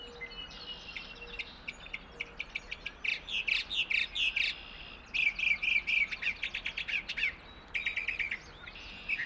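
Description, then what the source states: Northern Mockingbird song, bursts of high buzzy and chattering phrases, each repeated several times before switching, with a stream rushing behind. Singing in an apple tree in a meadow at Finger Lakes National Forest, end of a morning exploration on 1 May, with a small stream rushing in the background; spring.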